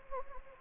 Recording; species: mosquito wingbeat signal from an infrared sensor; Anopheles gambiae